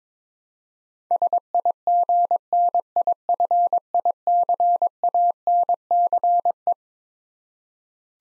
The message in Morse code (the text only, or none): SIGNIFICANCE